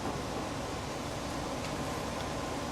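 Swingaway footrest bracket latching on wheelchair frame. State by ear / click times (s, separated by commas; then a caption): not seated / none. A swingaway footrest bracket on a wheelchair frame is handled as it is swung toward place, with only a steady, broadband hiss heard throughout. The bracket's latch has not caught yet, so nothing has seated or clicked.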